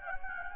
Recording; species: mosquito wingbeat signal from an infrared sensor; Anopheles gambiae